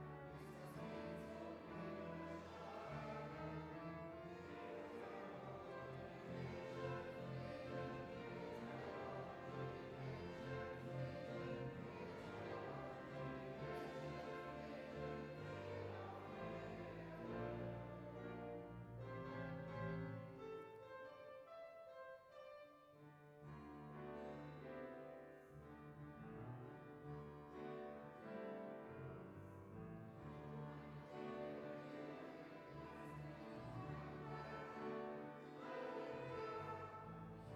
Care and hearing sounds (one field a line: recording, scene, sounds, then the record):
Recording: everyday scene through a hearing-aid microphone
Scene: reverberant space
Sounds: music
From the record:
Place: church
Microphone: behind the ear, left, front